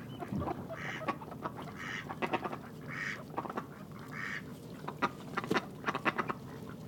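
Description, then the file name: Mallard quacks from a flock: several loud nasal quacks stand out over softer chattering calls and steady low background noise. A flock of mallard ducks. "Digiffects Sound Effects Library - Flock of Mallard Ducks"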